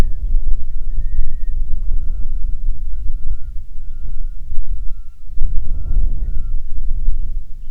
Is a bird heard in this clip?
yes